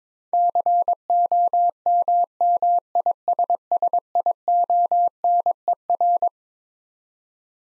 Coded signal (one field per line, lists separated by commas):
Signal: Morse code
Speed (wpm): 22 wpm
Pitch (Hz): 700 Hz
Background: none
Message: COMMISSIONER